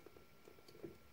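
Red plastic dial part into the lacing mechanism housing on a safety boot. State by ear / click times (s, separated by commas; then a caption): not seated / none. The red plastic dial part of a BOA cable-lacing closure on a safety boot is pressed back onto its housing during reassembly after a cable repair. Quiet handling noises, soft taps and a brief light tick near 0.7 s are heard, with a slightly louder rustle around 0.85 s. Nothing has seated or clicked into place yet.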